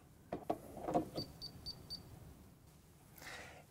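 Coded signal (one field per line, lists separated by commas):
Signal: beep code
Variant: Hunter ROAM receiver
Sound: plastic clicks and knocks, then four quick high-pitched short beeps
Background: handling noise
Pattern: 4 short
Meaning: Receiver has power and is ready to learn a new address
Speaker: that four beeps means one I have power and two I'm ready to learn a new address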